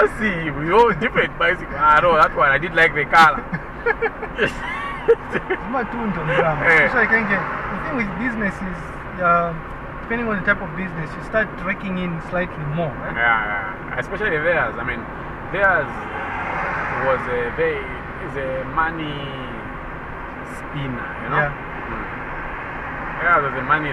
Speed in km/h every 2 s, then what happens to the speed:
62, 60, 59, 58, 58, 59, 59, 58, 58, 59, 61, 62.
0-24 steady at about 59.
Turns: none.